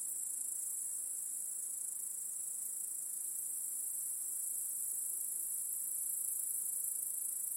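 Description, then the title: Cricket: a dense chorus of crickets gives a constant high shimmering trill throughout, with no other sounds standing out. Chorus of crickets in a home backyard at night. "Crickets in Your Backyard 🏡"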